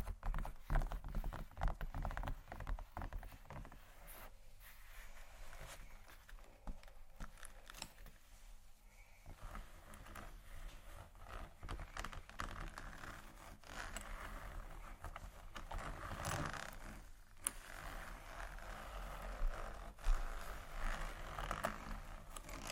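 Tapping and scratching on leather bags, in quick irregular bursts of soft clicks and dry scrapes that run almost without pause for the whole stretch. A few sharper taps stand out near 1, 17 and 20 seconds over a steady low hum underneath.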